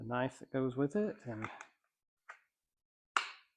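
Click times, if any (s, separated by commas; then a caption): 3.2 s. Someone talks, and then a knife is pushed into a finished Kydex sheath. A faint sound comes at 2.3 s, and the knife seats with a loud, sharp snap at 3.2 s.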